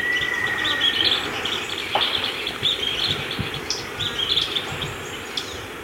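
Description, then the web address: Sooty-headed tyrannulet song: a short whistled note, then bright high chips repeated throughout against a noisy background. Ecuador. "Natures Songs S America Birds of Ecuador. Sooty-headed Tyrannulet"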